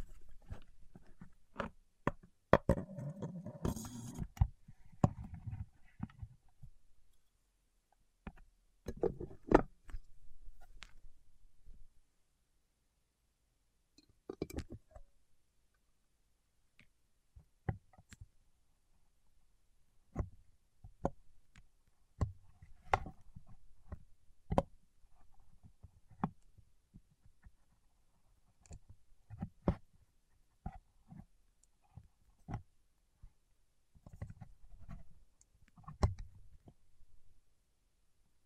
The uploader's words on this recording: ASMR with Wax Fingertips for Sleep (No Talking).